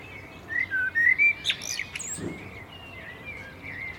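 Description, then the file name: Common blackbird singing a short warbled phrase of mellow whistled notes, followed by a sharp click, a low thump and fainter whistled notes. "Turdus merula"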